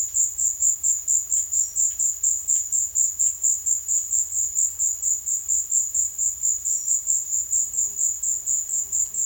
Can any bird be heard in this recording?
no